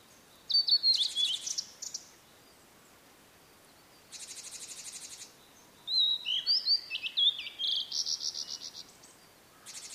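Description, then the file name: Blue-and-white flycatcher singing two whistled phrases, with bursts of a pulsing insect drone between and over them. "oruri"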